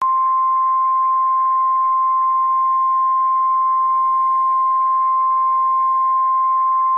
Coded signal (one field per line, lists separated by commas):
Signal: Emergency Alert System (SAME) tones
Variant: 1050 Hz attention tone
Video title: Hurricane Sandy alerts - October 24, 2012 (EAS #649-653)